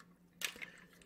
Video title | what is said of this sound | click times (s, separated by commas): 또봇V 시즌2 새로운 또봇! "레오카이저" 변신 강화 또키 합체~ 익스텐션모드 변신로봇! 맥시머스V 3단합체 / TOBOT V - REO KAISER | 그리고 한 번 더 딸깍 소리가 날 때까지 잡아 당겨주세요. | 0.5 s